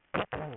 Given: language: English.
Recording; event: throat vibration sensor signal played as sound; throat clearing